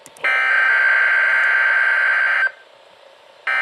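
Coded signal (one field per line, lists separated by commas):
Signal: Emergency Alert System (SAME) tones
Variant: header bursts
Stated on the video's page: Required weekly test received on weather radio station WXL57, with an odd-sounding voice.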